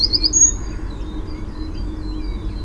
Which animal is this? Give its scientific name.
Parus major